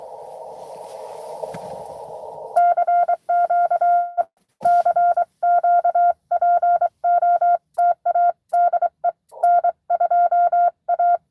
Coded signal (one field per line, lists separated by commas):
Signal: Morse code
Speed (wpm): 24 wpm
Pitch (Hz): 700 Hz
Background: none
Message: CQ E CQ POTA DE N2A